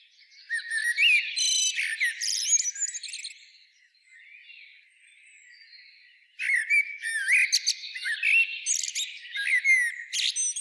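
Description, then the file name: Eurasian blackbird with a dense burst of high twittering and fluted notes, a quiet stretch of soft warbling, then another loud run of squeaky calls. "Turdus merula"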